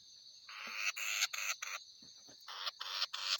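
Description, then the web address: Forest batis calls as a run of scratchy, churring bursts in quick succession, with a constant high whine in the background. "Batis mixta. صدای-پرنده-سیه-رخ-جنگلی"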